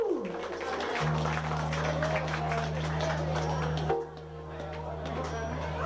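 An audience applauds with dense, continuous clapping mixed with crowd noise, over a steady low hum; the clapping eases slightly near the end.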